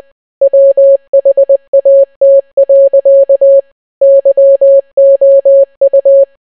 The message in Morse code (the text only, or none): WHAT. YOU